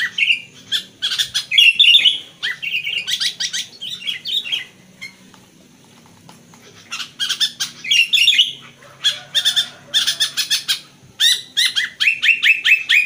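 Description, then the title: Sooty-headed bulbul song: bursts of bubbly whistles among crackly ticking notes, with a quieter gap midway before the phrases resume. "Kutilang"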